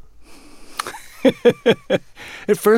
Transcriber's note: laughter